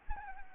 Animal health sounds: mosquito wingbeat signal from an infrared sensor; Anopheles arabiensis

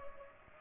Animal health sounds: mosquito wingbeat signal from an infrared sensor; Culex pipiens

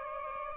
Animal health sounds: mosquito wingbeat signal from an infrared sensor; Aedes aegypti

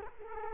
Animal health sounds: mosquito wingbeat signal from an infrared sensor; Culex quinquefasciatus

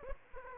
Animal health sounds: mosquito wingbeat signal from an infrared sensor; Aedes aegypti

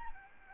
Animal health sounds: mosquito wingbeat signal from an infrared sensor; Aedes albopictus

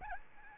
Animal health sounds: mosquito wingbeat signal from an infrared sensor; Aedes albopictus

